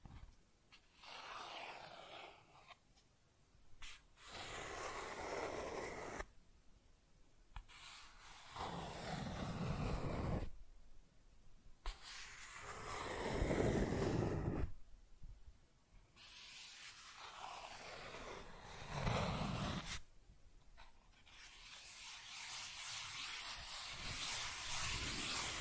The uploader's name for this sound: Cardboard Scratching, Tracing, Tearing